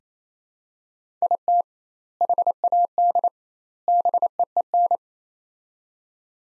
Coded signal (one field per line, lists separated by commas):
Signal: Morse code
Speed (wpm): 28 wpm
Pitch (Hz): 700 Hz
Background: none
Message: IT HAD BEEN